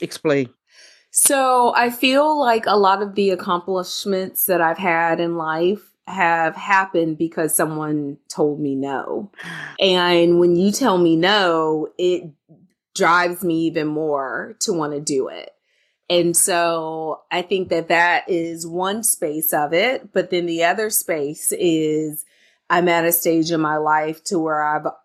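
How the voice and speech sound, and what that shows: A woman speaks fluently and clearly at a relaxed conversational pace, with ordinary voice quality and natural pauses.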